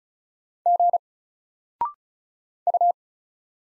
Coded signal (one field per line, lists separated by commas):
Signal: Morse code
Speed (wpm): 36 wpm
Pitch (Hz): 700 Hz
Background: none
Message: G U